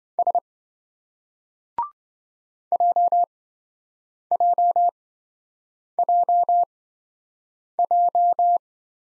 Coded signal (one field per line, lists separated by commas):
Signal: Morse code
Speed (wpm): 27 wpm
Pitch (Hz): 700 Hz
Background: none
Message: S JJJJ